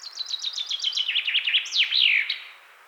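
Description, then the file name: Common chaffinch singing a bright, descending phrase: a quick series of repeated notes drops in pitch, then ends in a louder, flourished finish. "Fringilla coelebs"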